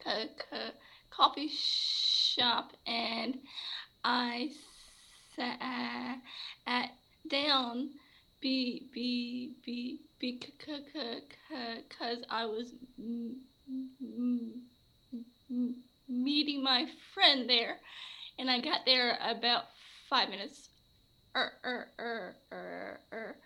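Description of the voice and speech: An adult woman who has had speech therapy for stuttering speaks in connected speech broken by a repeated first sound, 'bi-bi-bi-be-k-k-because', by stretched vowels and consonants, by a silent block of nearly three seconds, and by a string of repeated 'uh' sounds. This is stuttering with part-word repetitions, prolongations and blocks.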